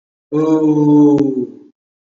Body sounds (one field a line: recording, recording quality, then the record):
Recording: sustained vowel as in boot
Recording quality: excellent, no background noise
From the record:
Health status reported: COVID-19 positive, mild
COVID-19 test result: positive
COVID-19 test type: rapid antigen test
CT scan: not taken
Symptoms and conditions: cough, breathing difficulty, fever, fatigue, muscle pain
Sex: male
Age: 34 years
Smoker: no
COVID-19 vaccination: both doses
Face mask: worn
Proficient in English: no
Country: India